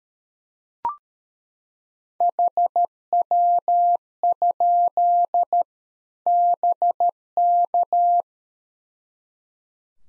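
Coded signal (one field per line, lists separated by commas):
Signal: Morse code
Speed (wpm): 13 wpm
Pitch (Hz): 700 Hz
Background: none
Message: HW? BK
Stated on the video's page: Practice QSO drill at 13 wpm covering rig, antenna and weather information exchange, for head-copying.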